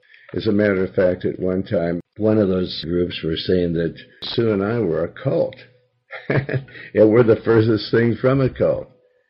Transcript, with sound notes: As a matter of fact, at one time one of those groups were saying that Sue and I were a cult. (laughs) And we're the furthest thing from a cult.